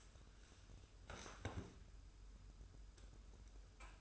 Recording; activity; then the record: daily activity, microphone in the room; sit down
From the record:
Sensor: 2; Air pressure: 994.3 hPa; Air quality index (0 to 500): 202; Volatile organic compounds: 1000 ppm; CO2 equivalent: 6631 ppm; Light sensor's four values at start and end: 92/210/91/95 and 113/269/114/118